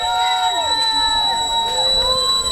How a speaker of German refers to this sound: Das Publikum brüllt wie aus einem Mund, das geht gar nicht! Das geht gar nicht!